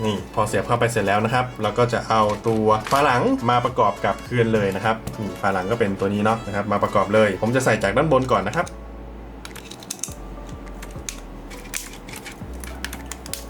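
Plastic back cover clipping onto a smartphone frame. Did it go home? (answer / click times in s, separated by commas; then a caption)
yes / 9.9 s, 10.0 s, 11.1 s, 11.8 s, 12.8 s, 13.3 s. Someone talks over background music while the plastic back cover of an Oppo A15 smartphone (A15, A15s, A16k) is refitted after a battery replacement, fitted from the top edge first and then pressed down onto the frame. After the talk stops, sharp snaps are heard at 9.9, 10.0, 11.1, 11.8, 12.8 and 13.3 seconds as the cover's clips lock into the frame, and the cover is seated.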